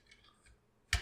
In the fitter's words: I'll click a clip into place like so